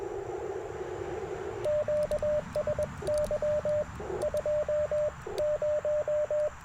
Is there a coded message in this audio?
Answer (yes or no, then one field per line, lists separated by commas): yes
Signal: Morse code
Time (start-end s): 1.7-6.5 s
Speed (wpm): 21 wpm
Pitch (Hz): 600 Hz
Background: radio noise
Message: QSY 20